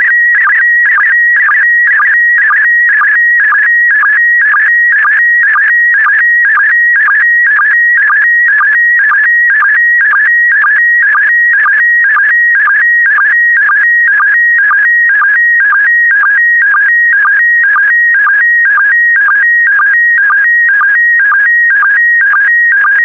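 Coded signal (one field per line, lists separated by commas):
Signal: SSTV (slow-scan television)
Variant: PD120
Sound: continuous warbling tone with a rhythmic chirp twice per second, steady throughout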